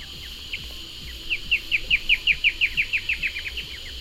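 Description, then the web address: Moustached antwren calling: a few scattered thin notes, then a steady rapid run of high down-slurred chips that grows louder and fades, with faint background hum. Eastern Lowlands of South America. "Natures Songs S America Eastern Lowlands. Moustached Antwren"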